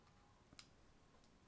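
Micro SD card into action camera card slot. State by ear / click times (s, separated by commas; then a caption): seated / 1.2 s. A 256 GB micro SD memory card is pushed into the card slot beside the battery bay of a GoPro HERO 6 Black action camera. A sharp tick at 0.6 s is followed by a small, bright click at 1.2 s as the card seats and is properly engaged.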